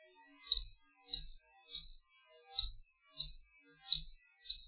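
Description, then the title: Cricket chirping: high, pulsed chirps of four or five rapid pulses each, repeated roughly every two-thirds of a second, against silence. "jangkrikk"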